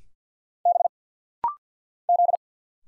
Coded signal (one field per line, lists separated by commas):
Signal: Morse code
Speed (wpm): 48 wpm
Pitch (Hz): 700 Hz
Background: none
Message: B Z